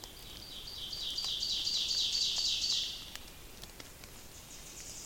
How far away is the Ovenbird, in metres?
about 35 m